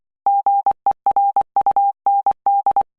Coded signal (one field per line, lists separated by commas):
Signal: Morse code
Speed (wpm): 24 wpm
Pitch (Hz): 800 Hz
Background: none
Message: GERUND